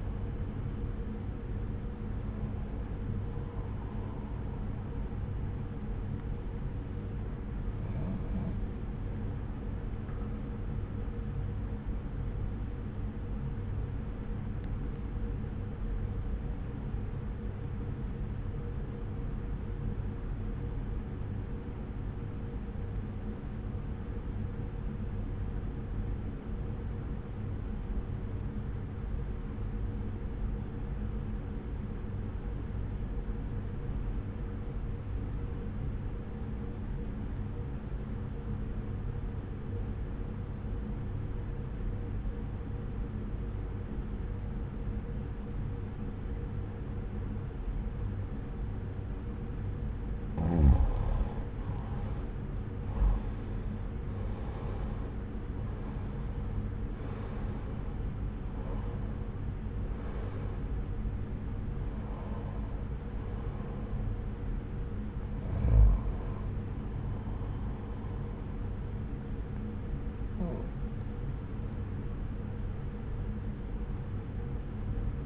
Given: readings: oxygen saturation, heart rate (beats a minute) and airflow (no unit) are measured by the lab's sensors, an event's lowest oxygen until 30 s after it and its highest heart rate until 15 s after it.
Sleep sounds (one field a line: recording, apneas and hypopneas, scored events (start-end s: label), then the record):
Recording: breathing in sleep by a smartphone at the bedside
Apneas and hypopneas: 1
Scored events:
14.00-52.30 s: obstructive apnea (REM, oxygen 97% highest, then 84% lowest)
From the record:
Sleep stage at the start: REM sleep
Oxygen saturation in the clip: 80 to 97%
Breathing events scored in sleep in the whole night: 303 in 8.1 hours asleep